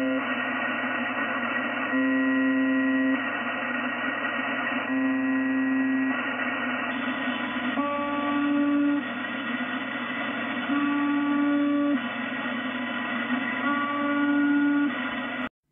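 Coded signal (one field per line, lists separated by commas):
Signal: channel marker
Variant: UVB-76 (The Buzzer)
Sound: five harsh low buzzes, each about a second long, repeating every three seconds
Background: radio static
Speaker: So it's known as UVB 76, and they transmit on 4625 kilohertz on upper sideband.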